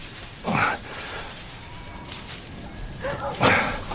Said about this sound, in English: Keep the flock away there. Good dog. There we are. There we go.